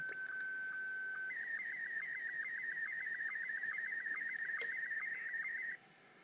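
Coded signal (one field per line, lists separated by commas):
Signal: SSTV (slow-scan television)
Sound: brief steady tone, then a rapidly warbling high tone with regular low blips, ending abruptly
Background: radio static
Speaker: so now he's responding back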